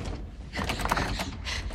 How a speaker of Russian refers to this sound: Пытается открыть закрытую дверь.